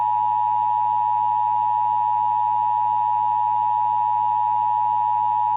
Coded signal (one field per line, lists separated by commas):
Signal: Emergency Alert System (SAME) tones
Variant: 853 and 960 Hz attention tone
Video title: EAS Mock: Flash Flooding in North Dakota